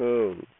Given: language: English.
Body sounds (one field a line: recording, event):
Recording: throat vibration sensor signal played as sound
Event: speech